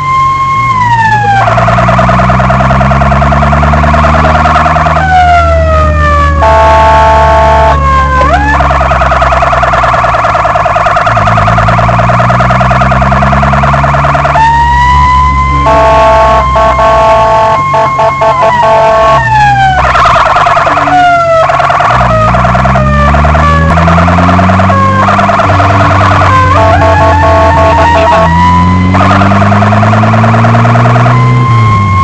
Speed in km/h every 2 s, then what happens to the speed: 30, 38, 41, 37, 32, 27, 37, 35, 25, 21, 18, 27, 35, 26, 35, 43.
0-3 speeds up to 41. 3-9 slows to 27. 13-17 brakes to 21. 21-23 speeds up to 35. 27-32 speeds up to 43.